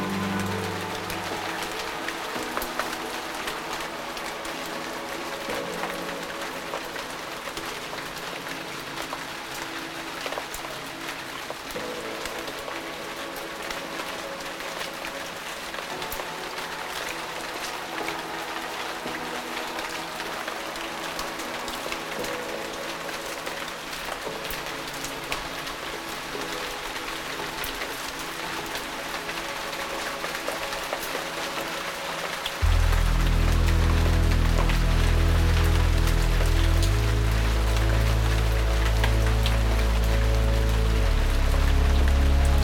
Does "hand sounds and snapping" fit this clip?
no